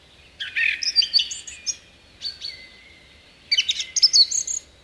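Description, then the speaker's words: Song thrush delivering three short phrases of shrill, varied whistles and rasping notes, with brief silent gaps between them. A listener's request; often mistaken for a thrush nightingale. "Jep, nyt kiipeää tuonne radiomaaston ylimpään haarukkaan laulurasta. ja kajauttaa koko Suomeen meidän kaikkien iloksi."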